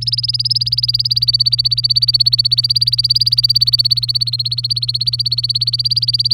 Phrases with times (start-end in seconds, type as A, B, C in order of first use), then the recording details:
0.01-6.33 A. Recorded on 24 April 2018 at 08:28. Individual llb3